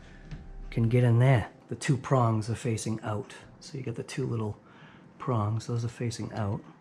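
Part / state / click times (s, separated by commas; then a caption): wire harness plug into 3D printer socket / not seated / none. A plastic wire harness connector is handled near its board socket during assembly of a Creality Ender 3 Pro 3D printer while someone talks. Only speech and faint handling noise are heard. Nothing has seated or clicked yet.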